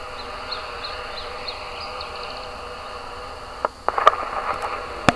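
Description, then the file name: Iberian chiffchaff singing a series of faint, high chirps evenly spaced over about two seconds, followed by loud clattering knocks and clicks. "Iberian Zilpzalp Kai Kruse"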